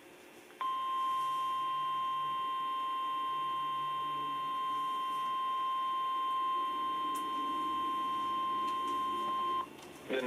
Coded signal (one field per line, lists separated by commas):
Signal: Emergency Alert System (SAME) tones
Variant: 1050 Hz attention tone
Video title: EAS Compilation + Siren Activation | 3/15/2026